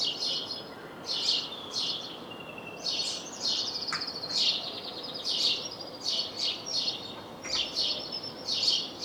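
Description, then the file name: House sparrow giving quick clustered chirps, several notes in rapid runs with brief pauses, loud and persistent throughout. "Passer domesticus"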